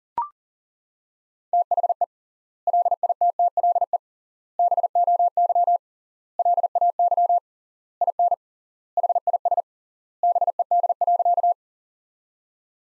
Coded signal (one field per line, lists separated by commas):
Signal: Morse code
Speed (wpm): 40 wpm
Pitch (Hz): 700 Hz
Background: none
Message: THE LITTLE BOY LAY IN HIS BED.